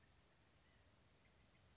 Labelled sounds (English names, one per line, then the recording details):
White-breasted Nuthatch
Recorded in Sonoma County, California